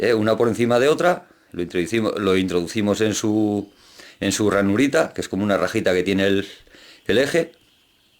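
A man talks while the folded metal hanger plates of a roller shutter are pushed into the slot in the roller axle. The clip ends before the part goes home, so nothing has seated or clicked yet.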